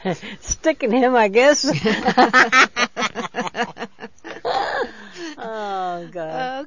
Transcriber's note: they laugh